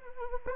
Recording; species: mosquito wingbeat signal from an infrared sensor; Anopheles arabiensis